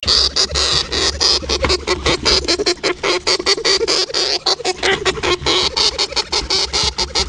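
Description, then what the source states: Hamster scrabbling: rapid dry scratches and clicks in fast bursts throughout, over a faint high thin ringing tone. Hamster inside a jar.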